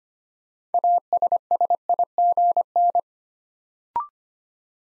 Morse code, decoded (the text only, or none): ASSIGN